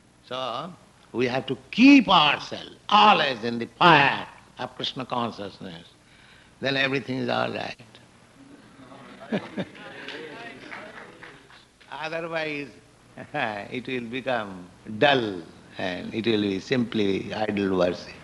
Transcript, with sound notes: So we have to keep ourself always in the fire of Kṛṣṇa consciousness; then everything is all right. [laughs] Otherwise, it will become dull, and it will be simply idol worship.